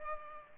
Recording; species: mosquito wingbeat signal from an infrared sensor; Culex pipiens